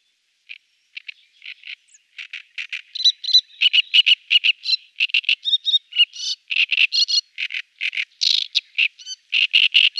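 Great Reed Warbler song, a loud, harsh run of croaking and grating syllables repeated in quick rhythmic bursts, building from scattered notes into a continuous chattering phrase.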